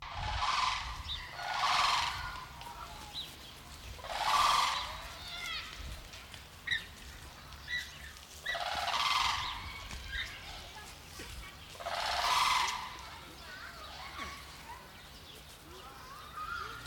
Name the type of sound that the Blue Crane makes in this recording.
call